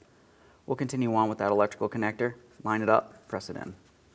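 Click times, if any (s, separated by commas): none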